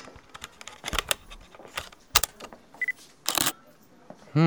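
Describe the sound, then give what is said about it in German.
A camera being handled and tested: a string of irregular sharp clicks and rustling taps, some louder shutter-like snaps, with a brief high electronic beep partway through. “Sie können den Akku gerne testen.”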